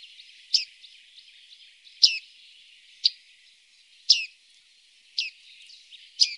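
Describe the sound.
Bearded reedling calls: six sharp, metallic ping notes at fairly even intervals over a faint steady background hiss.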